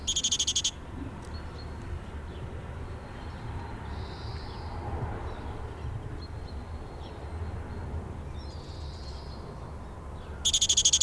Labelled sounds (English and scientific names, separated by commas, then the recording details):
Great Tit (Parus major) call
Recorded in the wild
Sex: pair
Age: adult
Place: Garmisch-Partenkirchen, Bayern, DE
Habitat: urban area
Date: 1968-04-19
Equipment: Nagra, Vollspur
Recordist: Tretzel, Erwin